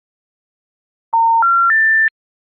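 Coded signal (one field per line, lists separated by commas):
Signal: telephone call progress tone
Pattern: special information tone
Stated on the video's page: Recreated 1977 US phone call: dial tone 600 Hz modulated by 120 Hz, rotary dialing pulses, SIT tones, US TTY FSK 1800/1400 Hz at 45.45 baud.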